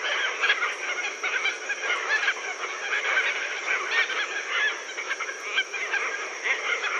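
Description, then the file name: Red-tailed tropicbird calling: dense, unbroken overlapping of rasping, goose-like squawks from many birds over a steady background hiss. "phaethon rubricauda"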